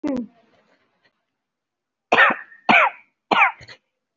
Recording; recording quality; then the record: heavy voluntary cough; excellent, no background noise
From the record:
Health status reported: COVID-19 positive, mild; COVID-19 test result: positive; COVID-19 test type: RT-PCR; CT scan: taken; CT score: 2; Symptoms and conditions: sore throat, fatigue, muscle pain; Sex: female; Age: 64 years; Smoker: no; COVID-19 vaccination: both doses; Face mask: worn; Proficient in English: yes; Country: India